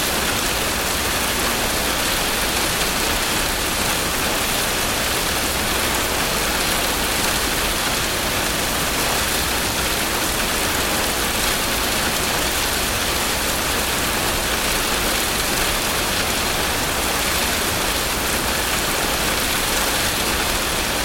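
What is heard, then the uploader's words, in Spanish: Soft, constant spring rain falls on a motorhome, a dense and even hiss that holds steady for the whole stretch with no breaks or swells. A faint low rumble sits underneath, and fine pattering against the windows fills the brighter top of the sound. Lluvia Alpina Suave | ASMR de Lluvias Primaverales en Camino de Montaña. Acúrrucate en el abrazo reconfortante de una autocaravana estacionada en un pueblo remoto pero acogedor, en lo alto de los Alpes.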